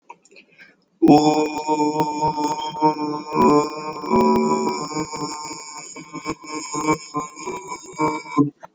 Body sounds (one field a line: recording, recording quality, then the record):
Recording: sustained vowel as in boot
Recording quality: excellent, no background noise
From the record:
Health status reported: healthy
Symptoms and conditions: none ticked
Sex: male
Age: 25 years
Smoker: not ticked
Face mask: not worn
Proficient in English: yes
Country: United States